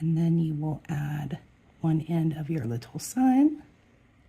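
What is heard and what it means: Someone talks while handling a metal jump ring on a suncatcher chain, threading one end of a small hanging sign onto it. There are only soft handling sounds between the words, and the ring has not yet been pressed shut. Nothing has seated or clicked yet.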